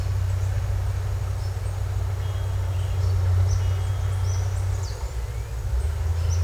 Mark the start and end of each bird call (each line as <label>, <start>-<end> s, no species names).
bird call, 3.52-5.05 s